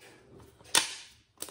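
A takedown pin (a metal pin or nut) is pushed home into the receiver of an AR-15 rifle during reassembly. It locks in with a sharp metallic snap at 0.8 s, followed by a smaller click at 1.4 s. The pin is seated and locked.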